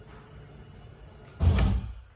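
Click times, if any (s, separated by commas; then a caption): 1.6 s. In a 2024 Jayco 247 RBS travel trailer, the slide-out room is run out with the button until its drive motor reaches full extension. After a low steady hum, the motor winds up and clicks at its end stop at about 1.6 s in a short, loud burst. The click shows the slide room is fully extended.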